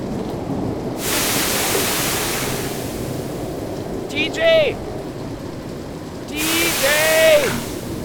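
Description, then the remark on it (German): Rough sea and steady wind rumble around a boat, with two loud hissing surges of crashing surf a few seconds apart. Brief high, wavering cries cut through the noise between and during the second surge. “Bei dem Seegang.”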